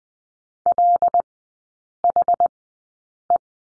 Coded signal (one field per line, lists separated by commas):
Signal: Morse code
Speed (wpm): 20 wpm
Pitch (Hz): 700 Hz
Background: none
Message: LHE